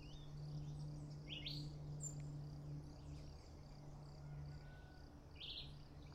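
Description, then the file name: Red-eyed vireo song: a few short, clipped phrases spaced well apart, over a steady insect buzz and low droning hum. Recorded at Nazaré on 21-09-13; local name juruviara. "Juruviara Vireo olivaceus Nazare Pta 21-09-13"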